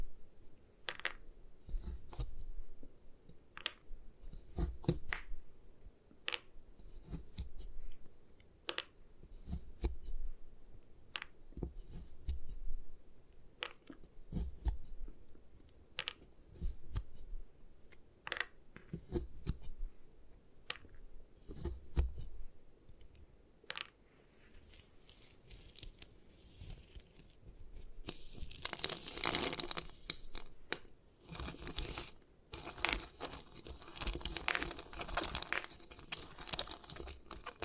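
Gym chalk being destroyed: sharp cracks and snaps land about once a second for the first twenty-odd seconds, over a low rumble. After about 24 seconds the sound turns into dense, bright crumbling and scraping, with a few louder cracks mixed in.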